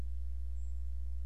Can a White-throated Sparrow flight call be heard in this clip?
no